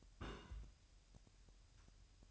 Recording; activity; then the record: daily activity, microphone in the room; place on stove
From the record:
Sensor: 2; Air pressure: 1001.9 hPa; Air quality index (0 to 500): 249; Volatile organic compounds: 37 ppm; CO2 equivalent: 3096 ppm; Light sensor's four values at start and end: 5/11/5/5 and 5/11/5/5